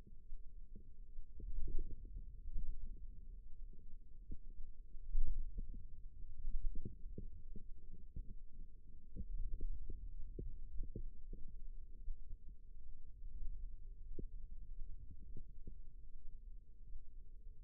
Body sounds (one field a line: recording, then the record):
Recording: forearm muscle sounds (acoustic myography)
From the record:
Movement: inward rotation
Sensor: system 2, bracelet of six BSWA MPA416 microphones around the upper forearm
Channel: 4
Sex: female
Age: 22 years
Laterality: right